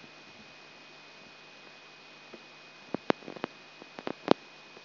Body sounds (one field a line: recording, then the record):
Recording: brain microelectrode recording played as sound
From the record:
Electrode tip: outside the subthalamic nucleus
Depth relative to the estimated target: -6 mm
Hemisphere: left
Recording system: AlphaMap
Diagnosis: Parkinson's disease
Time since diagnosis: 9 years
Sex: male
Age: 58 years